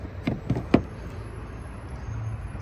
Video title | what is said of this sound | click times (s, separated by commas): Rating every public DC rapid charger | plugged in and locked so | 0.7 s